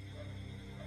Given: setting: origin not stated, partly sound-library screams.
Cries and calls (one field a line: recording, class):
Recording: one-second piece from a danger detection set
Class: normal situation